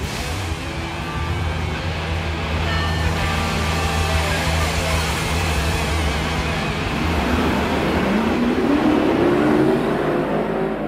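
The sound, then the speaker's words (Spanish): A car engine, in a radio ad for Levenson batteries, runs with a steady low rumble, then revs up, its pitch climbing in a rising whine toward the end while the loud mechanical roar continues throughout. “Levenson, la batería que arranca tu motor.”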